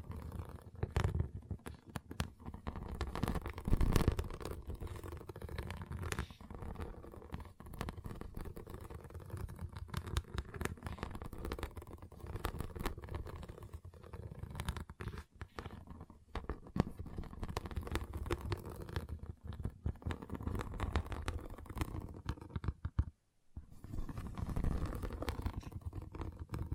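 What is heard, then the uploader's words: Pixel art beads are handled and shuffled, giving a dense, continuous stream of small clicks, rattles and scraping taps throughout. A low rumble runs underneath, the activity briefly stops just after 23 seconds, then resumes a little louder. ASMR Relaxing Pixel Art Beads ( No Talking).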